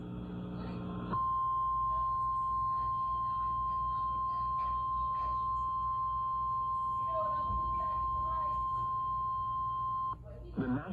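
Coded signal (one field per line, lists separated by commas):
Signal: Emergency Alert System (SAME) tones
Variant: 1050 Hz attention tone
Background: speech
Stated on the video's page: Severe Thunderstorm Warning alert received on WEAS-FM and WQBT-FM.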